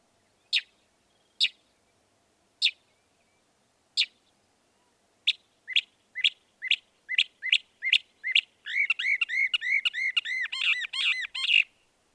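Northern mockingbird song: harsh single notes spaced about a second apart, then quicker repeated notes, ending in a fast run of arched, chattering syllables.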